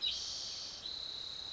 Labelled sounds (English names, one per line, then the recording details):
Spotted Towhee
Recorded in Sonoma County, California